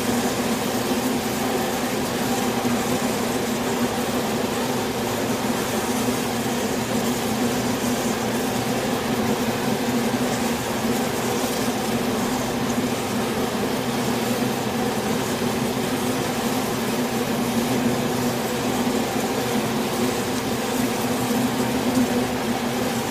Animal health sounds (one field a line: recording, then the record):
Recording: honeybee colony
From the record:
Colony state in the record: swarm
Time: day